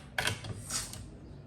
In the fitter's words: Plug is in. Red tab is snapped back in.